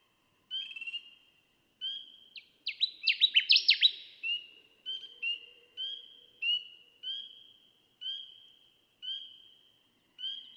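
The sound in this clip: Connecticut warbler giving one loud, rapid phrase of chopped, slurred notes, with high, even whistled notes repeating about once a second before and after.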